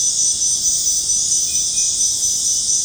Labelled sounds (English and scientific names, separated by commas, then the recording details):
none
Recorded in secondary vegetation near Puerto Asís, Putumayo, Colombia, on 23 June 2025 at 19:00
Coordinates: 0.484, -76.319
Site G074